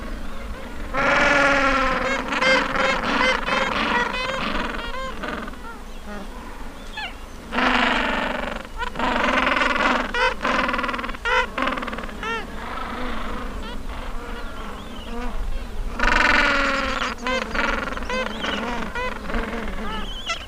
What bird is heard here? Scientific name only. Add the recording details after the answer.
Pygoscelis papua. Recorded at the colony at Sea Lion Island, on 19 December 2014. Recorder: Song Meter SM2+